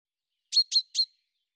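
A bird gives a single triplet of bright, high-pitched chirps in quick succession, with nothing else audible.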